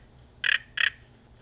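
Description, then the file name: Sauter's frog giving two short buzzy pulsed notes about a third of a second apart, over faint low hum. "Rana sauteri"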